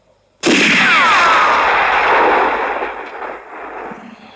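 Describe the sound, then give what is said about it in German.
A sudden, loud burst of gunfire from the final shootout of a film, set in a cemetery, erupts out of silence, then a dense, roaring wash of shots and echo that slowly fades over several seconds, with no voices. “selbst sorgt für das finale Shootout.”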